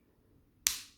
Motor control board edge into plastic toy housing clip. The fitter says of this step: popping it in there we go and just double checking that everything's in